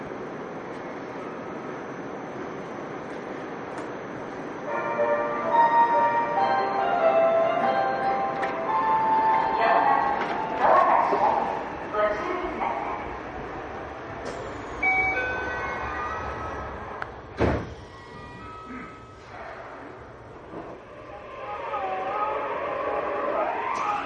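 A Yokohama Municipal Subway 3000R train running between Kannai and Azamino, with a steady low rumble throughout. From about five seconds a layered motor whine swells and shifts pitch, voices mixed in, a sharp thud lands near seventeen seconds, and the whine returns late.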